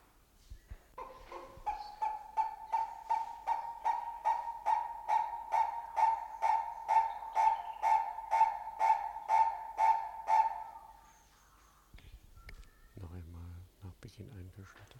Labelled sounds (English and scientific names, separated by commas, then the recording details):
Purple-crested Turaco (Tauraco porphyreolophus) call
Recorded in captivity
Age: adult
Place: Zoo Berlin, Berlin, DE
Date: 1992-06-20 12:45
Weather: wolkig-heiter, 20-24°C
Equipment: Marantz CP 430, Sennheiser ME 80, Kopie Tesla B 116
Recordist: Tembrock, Günter